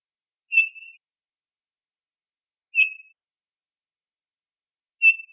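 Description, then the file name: Townsend's solitaire calling with pure, piping whistles, three evenly spaced notes a bit over two seconds apart, nothing else audible. "TOSO CALLS"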